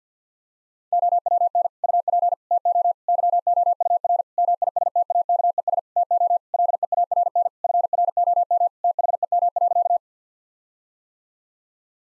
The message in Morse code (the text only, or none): OWN UP TO YOUR MISTAKES TO LEARN FROM THEM.